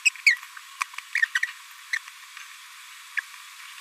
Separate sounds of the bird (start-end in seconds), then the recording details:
0.05-0.10, 0.26-0.37, 1.15-1.19, 1.35-1.39, 1.93-1.96, 3.17-3.20. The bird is a male. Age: 26 days. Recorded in a nest box in Venezuela. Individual 17B42A3